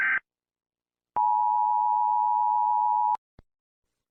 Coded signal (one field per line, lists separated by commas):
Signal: Emergency Alert System (SAME) tones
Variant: 853 and 960 Hz attention tone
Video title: Egypt Eas Alarm (tsunami and tornado and tufon)